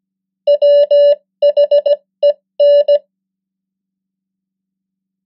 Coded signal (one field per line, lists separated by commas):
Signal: Morse code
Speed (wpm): 17 wpm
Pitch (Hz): 580 Hz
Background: none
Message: WHEN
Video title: 100 most common English words in Morse Code @15wpm